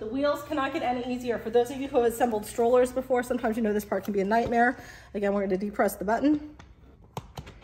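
A woman talks while handling the second rear wheel of a Keenz 7S+ wagon, pressing its release button to fit it onto the wagon's axle mount. Her speech fills most of the clip and is followed by a few faint, sharp handling clicks near the end, around 7.0 to 7.5 seconds. Nothing has seated or clicked into place yet.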